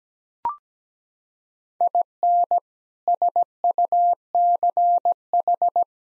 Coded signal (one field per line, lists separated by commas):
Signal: Morse code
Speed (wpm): 17 wpm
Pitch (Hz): 700 Hz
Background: none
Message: IN SUCH